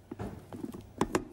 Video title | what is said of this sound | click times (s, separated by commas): No.1 World's Fastest Autofocus Olympus Camera OM-D E-M5 | and then turn clockwise until you hear it click. You're in. | 1.0 s